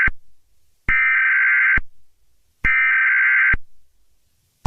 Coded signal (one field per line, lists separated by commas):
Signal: Emergency Alert System (SAME) tones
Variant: header bursts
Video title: I rate EAS Alarms from all over the world.